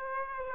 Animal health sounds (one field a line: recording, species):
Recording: mosquito wingbeat signal from an infrared sensor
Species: Aedes aegypti